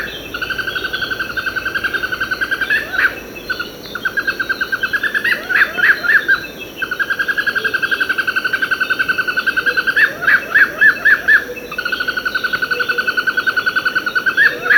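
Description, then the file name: Fire-footed rope squirrel chattering in fast, even series of clipped chips, broken by short gaps and a few rougher bursts, against a constant high background hiss. Abidjan, Côte d'Ivoire. "Funisciurus pyrropus Dolly Minis Abidjan Macaulay Cornell"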